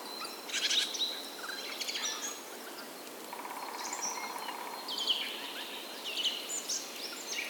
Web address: VT Homezon Musica da luma Spring Birds Nature Ambiance